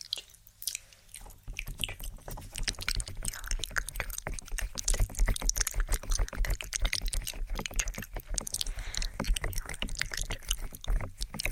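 Ear tapping with soft whispering: after a quiet first second, dense, rapid taps and crackly rustles fill the rest of the clip without pause. The tapping is irregular and bright, with a faint low rumble beneath and a breathy hiss woven through.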